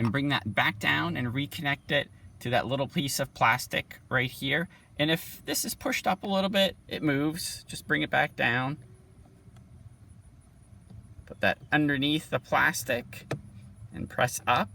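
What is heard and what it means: On a 2022 Honda Civic LX, the glove box damper arm (hook) is brought back down and positioned under the small dashboard plastic mount, lined up to be pressed up into place, as someone talks throughout. Faint handling taps come near 9.6 s and 11.3 s during a pause in the talking. Nothing has clicked or seated yet.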